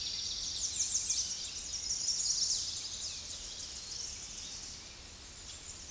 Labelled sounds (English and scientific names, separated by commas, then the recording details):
American Redstart (Setophaga ruticilla) song
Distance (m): 30 m
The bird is about level with the microphone
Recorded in a Pennsylvania forest on 16 May 2024 at 07:41
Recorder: AudioMoth, point MSD-1405
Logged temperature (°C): 15.6 °C
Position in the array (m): 154 m, 219 m